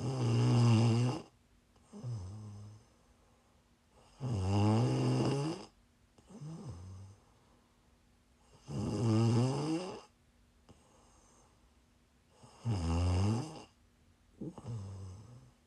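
An adult sleeper snoring for ASMR: loud, low rattling snores alternating with softer exhaled snorts, about 15 breaths a minute, in a fairly steady rhythm.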